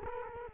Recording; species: mosquito wingbeat signal from an infrared sensor; Culex quinquefasciatus